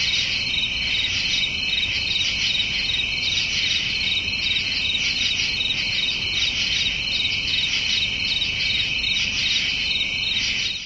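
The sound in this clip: Cicada call, a continuous high, shrill buzz with a rapid pulsing texture, holding steady at the same pitch and loudness throughout.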